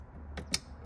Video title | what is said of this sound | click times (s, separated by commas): 2020 c8 Mishimoto Oil Catch Can Installation | hear that click | 0.5 s